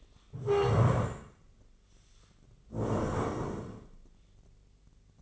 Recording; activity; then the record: daily activity, microphone in the room; stand up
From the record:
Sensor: 4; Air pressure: 1013.2 hPa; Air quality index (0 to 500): 176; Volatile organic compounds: 2 ppm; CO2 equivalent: 1108 ppm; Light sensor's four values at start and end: 48/119/50/53 and 48/118/50/53